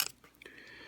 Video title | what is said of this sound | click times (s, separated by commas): Fansproject: Saurus Ryu-Oh - DINOICHI | um there's a lot of resistance in there you see the knees work just fine now it just doesn't click | none